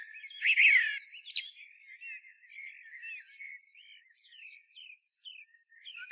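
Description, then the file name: Common blackbird song: one loud burst of fluted notes and squeaks near the start, then soft, scattered high warbling notes until the end. "Turdus merula"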